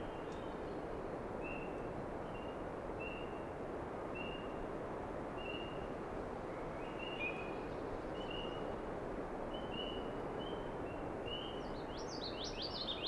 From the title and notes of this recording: Wetland evening chorus. Common Yellowthroat and birds in background include Swainson's Thrush, Chipping Sparrow. Recorded at old (abandoned) Ice Rink Wetland. Schoodic division, Acadia National Park.